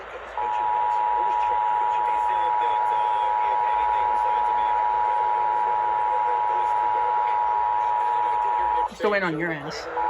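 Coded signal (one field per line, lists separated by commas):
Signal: Emergency Alert System (SAME) tones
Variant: 853 and 960 Hz attention tone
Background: speech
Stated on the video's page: Real Pennsylvania Required Monthly Test.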